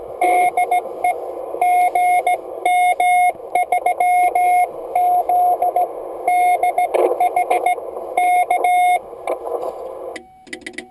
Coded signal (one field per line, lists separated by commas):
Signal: Morse code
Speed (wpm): 16 wpm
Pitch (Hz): 720 Hz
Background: radio noise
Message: DE GM3ZDH K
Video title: Morse code DX